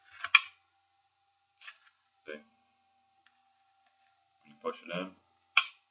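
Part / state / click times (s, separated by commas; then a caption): handgun into retention holster / seated / 5.6 s. A Glock 23 handgun is pushed down into a Blackhawk CQC Serpa polymer retention holster while someone talks in short phrases. One sharp click at 5.6 s marks the pistol locking in place, seated in the holster.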